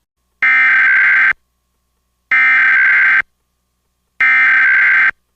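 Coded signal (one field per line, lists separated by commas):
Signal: Emergency Alert System (SAME) tones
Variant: header bursts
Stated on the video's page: Mock EAS sequence with valid tones: test Tornado Warning, Tornado Watch, Required Weekly Test, then Required Monthly Test; simulated, with edited voice audio.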